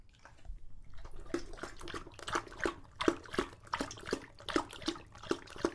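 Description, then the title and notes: English Bulldog giving a steady run of wet, throaty strokes after a quiet start. Male English Bulldog named Lucho drinking from a water bowl after a long walk, heavily out of breath between drinks. "English Bulldog Drinks from Water Bowl - Weird Sounds. Lucho the English Bulldog as he tries to drink water after a long walk. Don't let his heavy breathing fool you in between drinks, he's equally out of breath from the walk"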